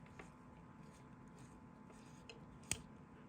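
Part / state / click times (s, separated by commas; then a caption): snorkel filler knob unlocking from the fountain pen barrel / released / 2.7 s. The filler knob at the end of a Sheaffer Snorkel Valiant fountain pen is turned to the left while being pushed toward the barrel. After faint ticks, a sharp little click at 2.7 s marks the knob unlocking free. The snorkel tube comes out of the feed.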